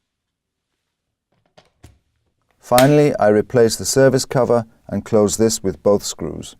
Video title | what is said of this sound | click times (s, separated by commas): Analisador de gases - Testo do Brasil | insert a new battery I slide the battery into the guide rail until it clicks into place finally | 1.6 s